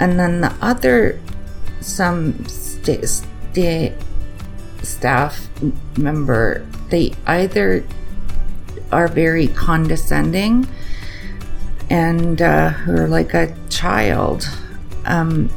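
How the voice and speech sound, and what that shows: An adult woman with aphasia after a stroke speaks slowly and haltingly, with stretched words, pauses between phrases and a false start before the word 'staff', fitting word-finding difficulty. Her words glitch in both speech and writing, while her thinking, intellect and creativity remain intact.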